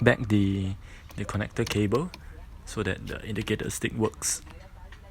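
Someone talks while a wiring harness connector is about to be plugged back into the indicator stalk switch (turn-signal/headlight switch) behind the steering column trim of a Toyota Wish, so that the indicator stalk works. Only speech and faint handling noise are heard, and the connector has not clicked or seated yet.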